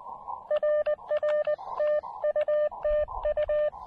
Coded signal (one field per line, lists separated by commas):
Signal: Morse code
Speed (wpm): 19 wpm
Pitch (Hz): 1800 Hz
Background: none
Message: RR TU TU